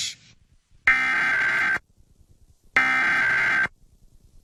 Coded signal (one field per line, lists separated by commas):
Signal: Emergency Alert System (SAME) tones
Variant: header bursts